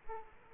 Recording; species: mosquito wingbeat signal from an infrared sensor; Aedes aegypti